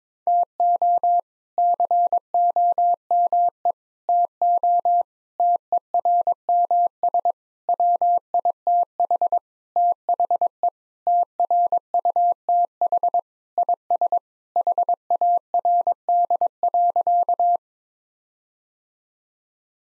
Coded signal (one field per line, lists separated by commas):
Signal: Morse code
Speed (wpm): 22 wpm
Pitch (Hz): 700 Hz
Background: none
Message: TO COME TO TERMS WITH THE TRUTH IS HARD.